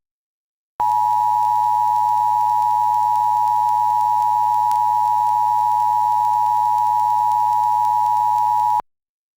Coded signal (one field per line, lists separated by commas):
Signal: Emergency Alert System (SAME) tones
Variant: 853 and 960 Hz attention tone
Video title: EAS Fridays - First TOR-E In California